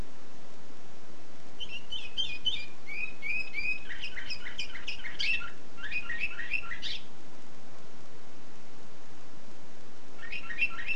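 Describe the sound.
Canary song beginning after a short silence, with twittering notes and fast trills for about five seconds, then a brief final burst near the end.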